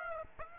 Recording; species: mosquito wingbeat signal from an infrared sensor; Aedes aegypti